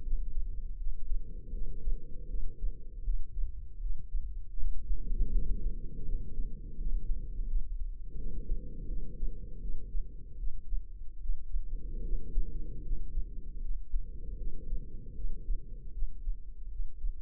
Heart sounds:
heart sounds by microphone in the left ear; 79 bpm
0.01 s: heartbeat
0.76 s: heartbeat
1.50 s: heartbeat
2.26 s: heartbeat
3.01 s: heartbeat
3.78 s: heartbeat
4.54 s: heartbeat
5.30 s: heartbeat
6.03 s: heartbeat
6.75 s: heartbeat
7.46 s: heartbeat
8.15 s: heartbeat
8.85 s: heartbeat
9.58 s: heartbeat
10.35 s: heartbeat
11.17 s: heartbeat
12.01 s: heartbeat
12.81 s: heartbeat
13.60 s: heartbeat
14.35 s: heartbeat
15.12 s: heartbeat
15.90 s: heartbeat
16.67 s: heartbeat
From the record:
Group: healthy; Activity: cold pressor test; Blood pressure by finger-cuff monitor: 126/91 mmHg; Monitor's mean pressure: 104 mmHg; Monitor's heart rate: 79 bpm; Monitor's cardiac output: 5.8 L/min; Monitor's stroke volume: 74 mL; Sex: female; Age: 32 years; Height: 172 cm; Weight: 71.7 kg

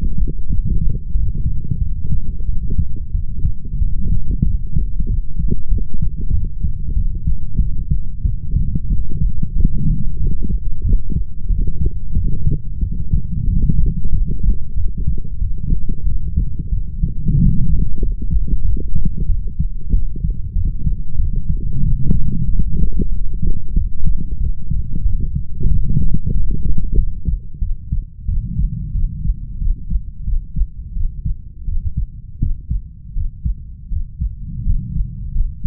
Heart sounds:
heart sounds by stethoscope; 91 bpm
0.48 s: heartbeat
1.12 s: heartbeat
1.79 s: heartbeat
2.46 s: heartbeat
3.12 s: heartbeat
3.79 s: heartbeat
4.43 s: heartbeat
5.07 s: heartbeat
5.69 s: heartbeat
6.31 s: heartbeat
6.94 s: heartbeat
7.58 s: heartbeat
8.23 s: heartbeat
8.88 s: heartbeat
9.53 s: heartbeat
10.17 s: heartbeat
10.83 s: heartbeat
11.48 s: heartbeat
12.14 s: heartbeat
12.80 s: heartbeat
13.46 s: heartbeat
14.11 s: heartbeat
14.75 s: heartbeat
15.39 s: heartbeat
16.04 s: heartbeat
16.70 s: heartbeat
17.36 s: heartbeat
17.99 s: heartbeat
18.63 s: heartbeat
19.27 s: heartbeat
19.91 s: heartbeat
20.54 s: heartbeat
21.17 s: heartbeat
21.81 s: heartbeat
22.46 s: heartbeat
23.10 s: heartbeat
23.74 s: heartbeat
24.38 s: heartbeat
25.03 s: heartbeat
25.69 s: heartbeat
26.33 s: heartbeat
26.96 s: heartbeat
27.60 s: heartbeat
28.26 s: heartbeat
28.93 s: heartbeat
29.59 s: heartbeat
30.25 s: heartbeat
30.94 s: heartbeat
31.65 s: heartbeat
32.39 s: heartbeat
33.14 s: heartbeat
33.89 s: heartbeat
34.63 s: heartbeat
35.32 s: heartbeat
From the record:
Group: healthy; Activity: light exercise 0-29 s, rest 29-36 s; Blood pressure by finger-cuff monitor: 128/63 mmHg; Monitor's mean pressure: 80 mmHg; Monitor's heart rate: 92 bpm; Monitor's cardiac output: 7.8 L/min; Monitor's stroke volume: 85 mL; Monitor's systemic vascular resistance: 740 dyn s/cm5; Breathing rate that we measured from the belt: 13 breaths a minute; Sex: female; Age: 32 years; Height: 168 cm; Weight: 61.9 kg

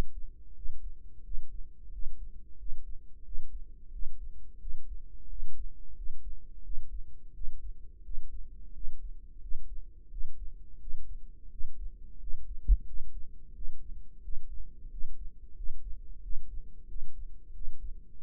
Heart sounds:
heart sounds by microphone in the right ear; 89 bpm
0.56 s: heartbeat
1.25 s: heartbeat
1.93 s: heartbeat
2.59 s: heartbeat
3.26 s: heartbeat
3.93 s: heartbeat
4.61 s: heartbeat
5.30 s: heartbeat
5.97 s: heartbeat
6.65 s: heartbeat
7.35 s: heartbeat
8.05 s: heartbeat
8.75 s: heartbeat
9.42 s: heartbeat
10.12 s: heartbeat
10.81 s: heartbeat
11.52 s: heartbeat
12.21 s: heartbeat
12.87 s: heartbeat
13.55 s: heartbeat
14.24 s: heartbeat
14.92 s: heartbeat
15.57 s: heartbeat
16.23 s: heartbeat
16.89 s: heartbeat
17.55 s: heartbeat
18.18 s: heartbeat
From the record:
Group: healthy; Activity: rest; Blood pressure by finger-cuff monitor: 143/74 mmHg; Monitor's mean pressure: 93 mmHg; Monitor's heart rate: 88 bpm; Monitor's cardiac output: 7.8 L/min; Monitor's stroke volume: 89 mL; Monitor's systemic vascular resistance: 880 dyn s/cm5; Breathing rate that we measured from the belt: 19 breaths a minute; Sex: male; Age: 21 years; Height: 175 cm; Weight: 72.6 kg

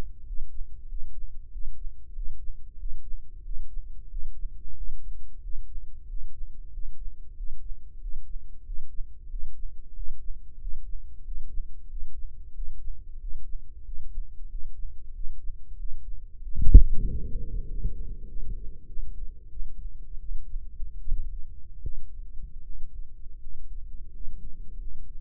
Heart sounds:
heart sounds by microphone in the left ear; 91 bpm
0.24 s: heartbeat
0.86 s: heartbeat
1.49 s: heartbeat
2.12 s: heartbeat
2.76 s: heartbeat
3.42 s: heartbeat
4.08 s: heartbeat
4.74 s: heartbeat
5.40 s: heartbeat
6.06 s: heartbeat
6.70 s: heartbeat
7.34 s: heartbeat
7.98 s: heartbeat
8.63 s: heartbeat
9.28 s: heartbeat
9.93 s: heartbeat
10.58 s: heartbeat
11.22 s: heartbeat
11.87 s: heartbeat
12.52 s: heartbeat
13.17 s: heartbeat
13.82 s: heartbeat
14.47 s: heartbeat
15.12 s: heartbeat
15.76 s: heartbeat
16.40 s: heartbeat
17.03 s: heartbeat
17.65 s: heartbeat
18.25 s: heartbeat
18.85 s: heartbeat
19.48 s: heartbeat
20.18 s: heartbeat
20.99 s: heartbeat
21.80 s: heartbeat
22.61 s: heartbeat
23.37 s: heartbeat
24.10 s: heartbeat
24.76 s: heartbeat
From the record:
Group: healthy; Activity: breath hold 0-18 s, rest 18-25 s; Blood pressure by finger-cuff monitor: 93/62 mmHg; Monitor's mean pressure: 71 mmHg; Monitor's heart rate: 92 bpm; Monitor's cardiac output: 7.2 L/min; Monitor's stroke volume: 77 mL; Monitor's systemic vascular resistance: 700 dyn s/cm5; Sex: male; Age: 19 years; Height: 178 cm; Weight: 83 kg

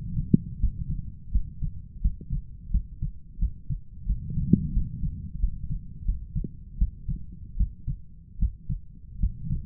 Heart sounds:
heart sounds by stethoscope; 84 bpm
0.60 s: heartbeat
1.32 s: heartbeat
2.01 s: heartbeat
2.71 s: heartbeat
3.39 s: heartbeat
4.06 s: heartbeat
4.73 s: heartbeat
5.40 s: heartbeat
6.05 s: heartbeat
6.78 s: heartbeat
7.57 s: heartbeat
8.39 s: heartbeat
9.20 s: heartbeat
From the record:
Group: healthy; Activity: rest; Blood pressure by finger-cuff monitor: 126/72 mmHg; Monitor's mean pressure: 85 mmHg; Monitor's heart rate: 86 bpm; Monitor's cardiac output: 7.6 L/min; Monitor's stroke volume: 88 mL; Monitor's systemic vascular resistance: 830 dyn s/cm5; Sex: male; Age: 23 years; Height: 179 cm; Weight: 87 kg

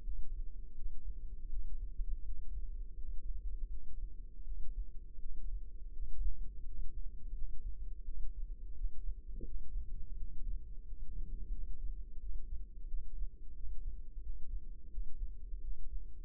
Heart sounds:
heart sounds by microphone in the left ear; 85 bpm
0.01 s: heartbeat
0.73 s: heartbeat
1.47 s: heartbeat
2.22 s: heartbeat
2.94 s: heartbeat
3.67 s: heartbeat
4.42 s: heartbeat
5.17 s: heartbeat
5.90 s: heartbeat
6.63 s: heartbeat
7.32 s: heartbeat
8.02 s: heartbeat
8.72 s: heartbeat
9.43 s: heartbeat
10.14 s: heartbeat
10.82 s: heartbeat
11.49 s: heartbeat
12.17 s: heartbeat
12.85 s: heartbeat
13.54 s: heartbeat
14.19 s: heartbeat
14.88 s: heartbeat
15.59 s: heartbeat
From the record:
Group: healthy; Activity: rest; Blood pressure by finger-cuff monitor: 106/64 mmHg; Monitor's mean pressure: 78 mmHg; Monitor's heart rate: 84 bpm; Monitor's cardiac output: 6.9 L/min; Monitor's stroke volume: 81 mL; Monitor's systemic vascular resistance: 830 dyn s/cm5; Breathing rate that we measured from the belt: 17 breaths a minute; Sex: female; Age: 26 years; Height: 165 cm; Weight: 55 kg

